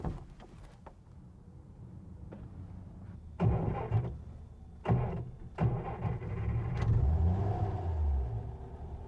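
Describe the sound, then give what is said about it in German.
A car engine cranks in a few short bursts as someone checks whether the car will start, then catches and settles into a steady, low rumbling idle that keeps going to the end, with no voices. “So, und jetzt wollte ich erst mal nachschauen, ob mein Wagen überhaupt anspringt.”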